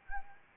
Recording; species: mosquito wingbeat signal from an infrared sensor; Anopheles arabiensis